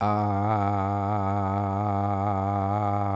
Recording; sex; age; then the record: sustained vowel /a/; male; 50 to 59 years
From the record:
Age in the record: 57 years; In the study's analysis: included